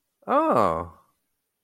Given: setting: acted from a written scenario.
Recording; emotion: vocal sound without words; realization